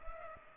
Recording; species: mosquito wingbeat signal from an infrared sensor; Culex pipiens